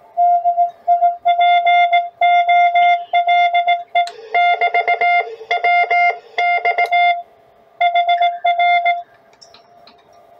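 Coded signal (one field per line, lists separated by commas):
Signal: Morse code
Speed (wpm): 17 wpm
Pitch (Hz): 700 Hz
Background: music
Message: DIPOLE<BT>WX HR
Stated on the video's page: QRP CW from a homebrew HF station on an EGV-9B nine-band transceiver, sent with homemade touch twin paddles.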